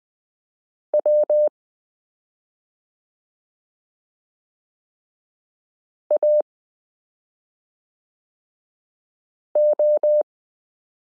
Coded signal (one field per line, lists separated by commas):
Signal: Morse code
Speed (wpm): 20 wpm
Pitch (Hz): 600 Hz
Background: none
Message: W AO